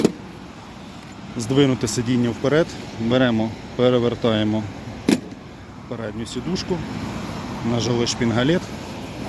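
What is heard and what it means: Someone handles the spring bolt latch on the sliding seat of a green three-wheeled FADA Oldi 500w electric scooter, pressing it to slide the seat forward, while someone talks throughout. A brief sharp transient opens the clip, followed by speech and faint handling noise. The seat has not locked into place yet, and nothing has seated or clicked by the end.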